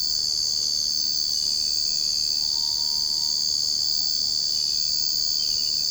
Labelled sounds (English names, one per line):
none